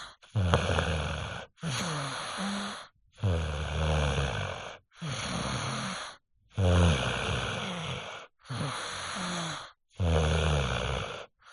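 Rough, low-pitched rattling snores come with each breath in and out, with short silences between them, at roughly 18 to 20 breaths a minute. It is steady snoring from a 5-year-old boy in deep sleep.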